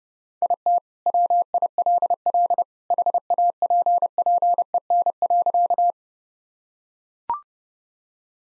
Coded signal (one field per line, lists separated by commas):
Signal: Morse code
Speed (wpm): 32 wpm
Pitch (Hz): 700 Hz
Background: none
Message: IT WILL HAPPEN.